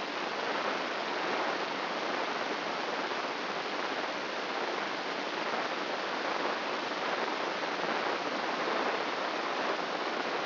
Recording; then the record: brain microelectrode recording played as sound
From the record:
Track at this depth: outside the subthalamic nucleus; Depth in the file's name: 8.628 mm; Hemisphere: left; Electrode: 3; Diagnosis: Parkinson's disease